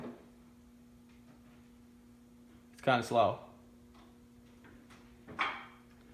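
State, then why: Seated. A raised car hoist is lowered slowly with its release lever until the mechanical safety lock catches on the lift column, over a steady low hum while someone talks. The lock clicks in at 5.3 s and 5.4 s, and the hoist is seated and locked.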